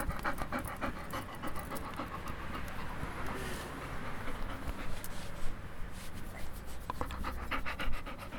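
Dog panting in quick steady rhythm, breathy rasping puffs repeating throughout over low background rumble.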